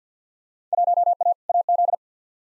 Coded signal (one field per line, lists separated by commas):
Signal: Morse code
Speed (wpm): 50 wpm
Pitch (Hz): 700 Hz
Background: none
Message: 1A AZ